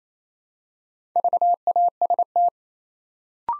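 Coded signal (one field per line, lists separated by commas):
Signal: Morse code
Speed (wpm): 28 wpm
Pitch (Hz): 700 Hz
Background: none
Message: VAST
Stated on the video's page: Practice set building 4-letter words one letter at a time, sent at 28 wpm.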